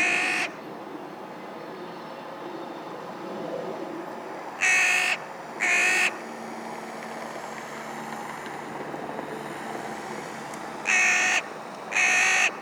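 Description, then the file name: Carrion crow calling in pairs of harsh caws, one at the start, a pair midway and a pair near the end, over continuous background noise. "Corvus corone"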